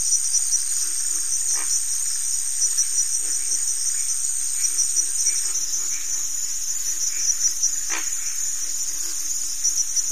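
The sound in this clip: Cricket trilling, unbroken and high-pitched, over faint low pulses, with a couple of short sharp clicks.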